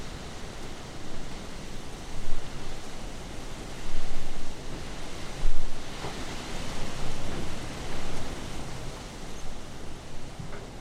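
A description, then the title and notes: Wind roars and rain pounds steadily over open water, a dense, constant wash of noise that surges in gusts every couple of seconds. Recorded by Cities and Memory. Sheltering inside a bird hide looking out directly over Farmoor Reservoir.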